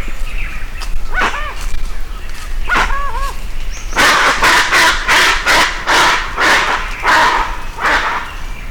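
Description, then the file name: Dusky-legged guan calling: a few wavering hooked yelps, then a fast run of loud, harsh honking notes about every half second. Recorded in Itatiaia National Park, Brazil, on 27 October 2003. "Penelope-obscura-Itatiaia NP-Brazil-27-10-03 ASilveira"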